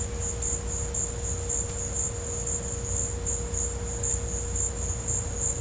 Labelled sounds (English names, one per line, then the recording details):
none
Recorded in pastures near Puerto Asís, Putumayo, Colombia, on 16 December 2024 at 16:30
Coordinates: 0.502, -76.324
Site G077